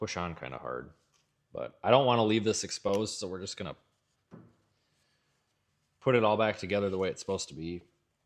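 An electrical connector is handled for pushing onto its mating part in an engine bay while reassembling during an engine swap. Someone talks throughout, with brief soft handling noises between phrases. Nothing has seated or clicked yet.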